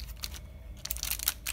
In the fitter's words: okay you should hear click into place which it is